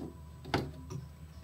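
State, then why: Seated. A plastic fitting, likely the drain hose attachment, is snapped into place on a countertop mini dishwasher during unpacking. A sharp plastic click at 0.5 s stands out over a low background hum, with fainter handling ticks around 0.9 s and 1.4 s. The fitting seats and clips in.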